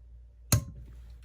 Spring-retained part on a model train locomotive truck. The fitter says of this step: and when you push this down it makes a nice satisfying click sound